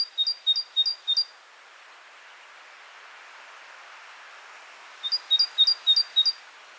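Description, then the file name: Great tit singing high, ringing two-note phrases, about five in quick succession, then a pause filled with steady hiss before another run of five. "Parus major"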